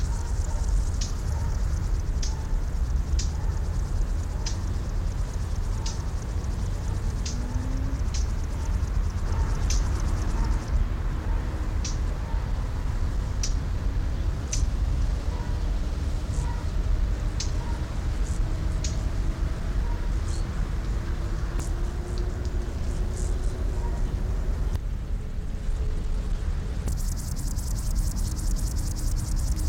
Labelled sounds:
Upland Field Grasshopper (Chorthippus apricarius) stridulation

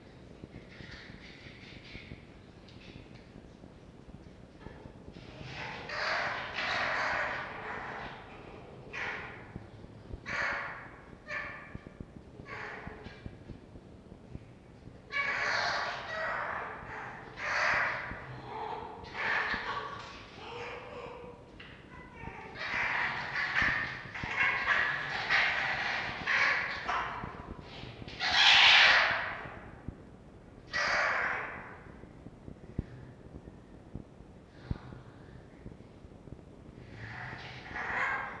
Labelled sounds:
Red Fox (Vulpes vulpes)

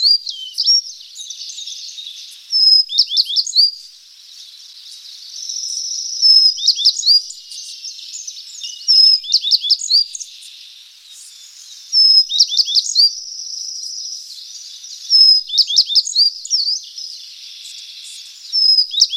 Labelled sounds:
Tristram's Bunting (Emberiza tristrami) song

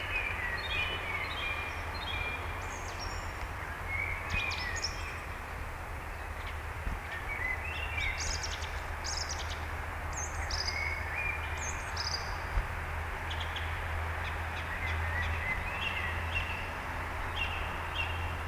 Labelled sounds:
Song Thrush (Turdus philomelos) song

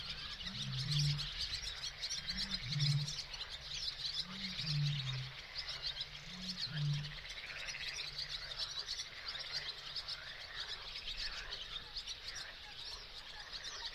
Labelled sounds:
Barn Swallow (Hirundo rustica) song

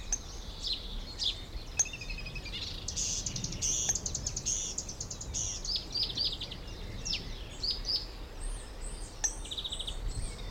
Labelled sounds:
Marsh Warbler (Acrocephalus palustris)

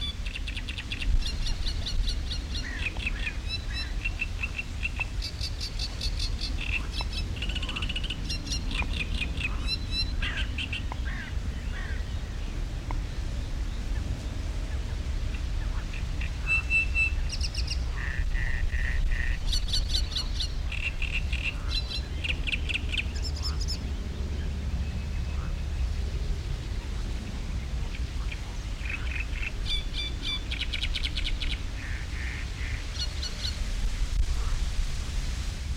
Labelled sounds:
Common Nightingale (Luscinia megarhynchos)

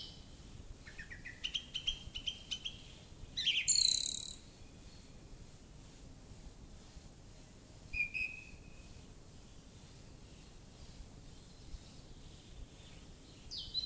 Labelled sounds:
Song Thrush (Turdus philomelos) song

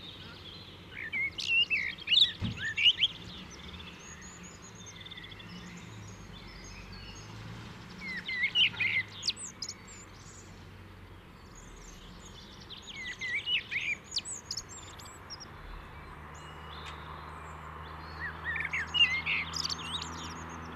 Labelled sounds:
Common Blackbird (Turdus merula) song

